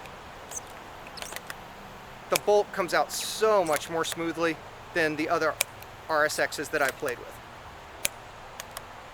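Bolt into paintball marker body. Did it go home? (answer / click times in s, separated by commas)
yes / 8.1 s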